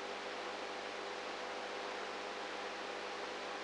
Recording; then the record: brain microelectrode recording played as sound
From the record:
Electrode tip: inside the subthalamic nucleus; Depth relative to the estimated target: -4 mm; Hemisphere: right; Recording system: NeuroSet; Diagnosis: Parkinson's disease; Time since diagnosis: 19 years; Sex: female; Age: 58 years